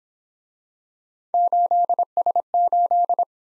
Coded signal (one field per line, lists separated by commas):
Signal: Morse code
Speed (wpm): 26 wpm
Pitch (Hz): 700 Hz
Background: none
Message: 8S8